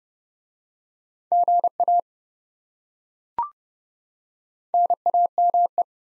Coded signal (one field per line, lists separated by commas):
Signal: Morse code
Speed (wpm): 26 wpm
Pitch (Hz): 700 Hz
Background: none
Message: GA NAME